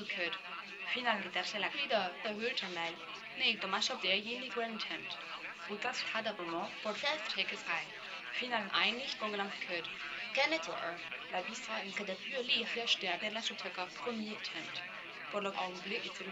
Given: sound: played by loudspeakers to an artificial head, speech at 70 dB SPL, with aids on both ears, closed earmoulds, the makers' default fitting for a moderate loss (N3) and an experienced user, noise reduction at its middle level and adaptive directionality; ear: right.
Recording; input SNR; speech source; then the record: speech test signal (ISTS) in cocktail-party noise; +6 dB; in front (0 degrees)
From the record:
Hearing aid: class 1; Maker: F